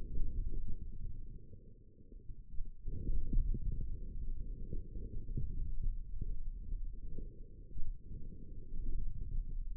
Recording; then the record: forearm muscle sounds (acoustic myography)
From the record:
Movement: forearm supination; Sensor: system 1, eight BSWA MPA416 microphones around the upper forearm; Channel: 3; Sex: male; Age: 28 years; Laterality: right